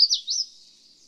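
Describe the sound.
Red-faced warbler giving a short, high slurred note pair that trails off into quiet.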